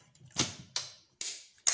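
An internal plastic/metal component of a fat 60 GB PS2-backward-compatible PS3 is slid forward into place in the console chassis. It just needs to be slid in, and several sharp clicks and knocks are heard at about 0.4, 0.8, 1.2 and 1.7 s. The part snaps home and is seated at 1.2 s, fitting together perfectly.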